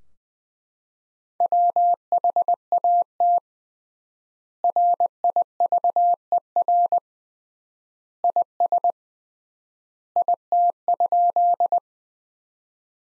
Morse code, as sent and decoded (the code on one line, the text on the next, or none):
.-- .... .- - / .-. .. ...- . .-. / .. ... / .. - ..--..
WHAT RIVER IS IT?